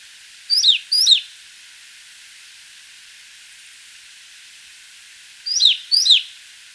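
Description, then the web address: Pale-naped brush-finch song: two short bursts of high, thin downslurred notes in pairs, separated by about four seconds of quiet hiss. Recorded in Ecuador. "Birds of Ecuador. Pale-Naped Brush-Finch"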